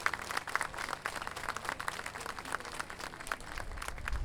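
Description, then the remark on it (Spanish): A crowd applauds steadily, a dense wash of many hands clapping at once with a sharp crackling texture and a low rumble toward the end. The audience is at the Encuentro Internacional de Payadores in San José de Maipo, Chile, applauding visiting delegations from eight Latin American countries. “Sí, aplaudan por favor y denle un gran aplauso a las delegaciones que nos acompañan de todos los países.”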